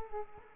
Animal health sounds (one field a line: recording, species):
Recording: mosquito wingbeat signal from an infrared sensor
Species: Culex quinquefasciatus